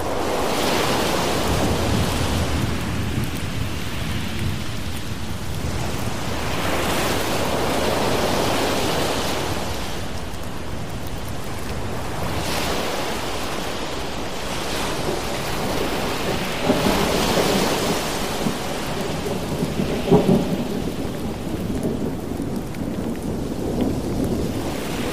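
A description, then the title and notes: Steady, dense rain fills the scene with a deep rumble underneath, while ocean waves swell and wash in roughly every five seconds, each surge brightening the hiss. Loudness stays even, with a slightly louder push of water around seventeen to twenty seconds. Thunderstorm Rain Sounds With Ocean Waves.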